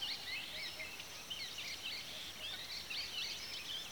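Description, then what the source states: Birds chirping and twittering, with fast high notes in overlapping bursts from several callers. Several birds calling at a watering hole in the afternoon.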